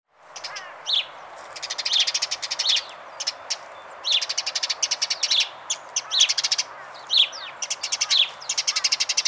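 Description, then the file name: House sparrow chirping: sharp, bright chirps interspersed with fast, buzzy rattling bursts, repeated steadily throughout. "Passer domesticus"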